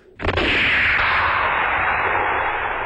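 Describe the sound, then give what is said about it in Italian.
A loud gunshot sampled from a western film out of a sound archive: one sharp crack followed by a long, bright roaring hiss with very wide reverb that holds steady and slowly softens over a couple of seconds, with no voices. “dal suo archivio sonoro, ci ha campionato una serie di spari di film western e in particolare ha selezionato quello che secondo lui è il più adatto per all'imitazione Bacco.”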